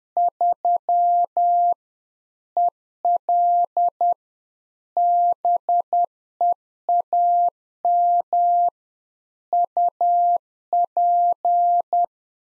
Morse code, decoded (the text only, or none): 3 EL BEAM UP